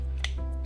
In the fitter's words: like this, it should click in. Stick